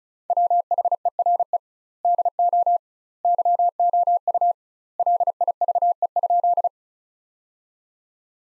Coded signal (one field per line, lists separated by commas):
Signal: Morse code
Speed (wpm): 36 wpm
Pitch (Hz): 700 Hz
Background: none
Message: WHERE DO YOU LIVE?